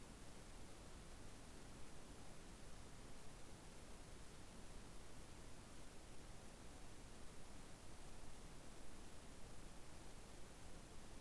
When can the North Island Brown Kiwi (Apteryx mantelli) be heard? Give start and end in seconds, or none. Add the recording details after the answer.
none. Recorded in New Zealand on 7 November 2014. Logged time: 22:14. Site CJ68